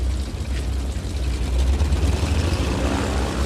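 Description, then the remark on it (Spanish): The two propeller engines of a single-winged prototype plane warm up on the runway of a German airfield, idling and rumbling in a steady, loud drone, a deep low throb under a broad whooshing hiss that holds constant without a break. “La pista hay un prototipo calentando motores.”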